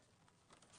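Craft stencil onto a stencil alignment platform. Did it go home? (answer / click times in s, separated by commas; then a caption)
no / none. A thin craft stencil is lined up over a stencil alignment platform and handled, with soft rustling and a couple of short taps near 0.5 and 0.6 seconds. Nothing has seated or clicked into place yet; the clip ends just before the stencil goes home.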